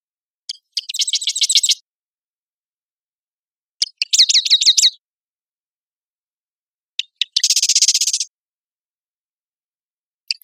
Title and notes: Marsh Wren - Cistothorus palustris - song. recorded at Marymoor Park in Redmond, WA